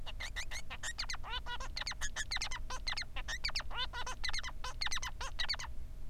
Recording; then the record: song of a male Bengalese finch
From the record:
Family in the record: son of father 3